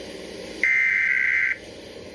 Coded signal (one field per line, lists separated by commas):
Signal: Emergency Alert System (SAME) tones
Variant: header bursts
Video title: Emergency Alert System Required Monthly Test 2/19/2014